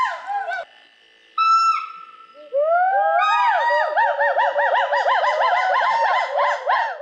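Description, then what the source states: Skywalker hoolock gibbon song: after a few opening notes and a short pause, a rapid run of loud rising-falling hoots with overlapping voices in chorus. Chorus sung overhead in the Gaoligong Mountains; voice described as 'wu-hu, wu-hu'; they usually sing only once every seven or eight days; recorded on the crew's second day.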